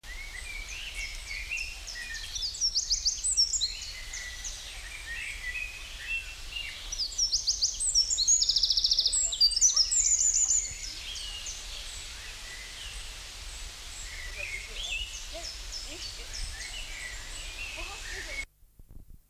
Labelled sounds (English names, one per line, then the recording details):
Eurasian Wren song
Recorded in the wild
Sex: male
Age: adult
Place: Lübars (Fließtal), Berlin, DE
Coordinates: 52.6167, 13.35
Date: 1999-06-13 14:08
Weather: fair, 22°C
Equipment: Sony WM-D6C, Sennheiser ME 80, Kopie Uher 4000 Report Monitor
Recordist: Tembrock, Günter